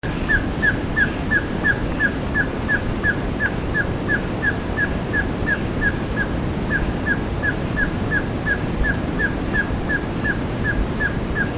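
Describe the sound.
Madagascar flufftail giving a long series of short, sharp notes, about three each second, evenly paced over a loud rushing background hiss.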